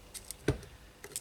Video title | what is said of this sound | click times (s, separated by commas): How to change fork seals on Honda CA Rebel 125cc | they will nicely pop into place just like | 0.3 s, 0.5 s, 1.0 s, 1.2 s